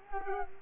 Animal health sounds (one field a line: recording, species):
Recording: mosquito wingbeat signal from an infrared sensor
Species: Culex quinquefasciatus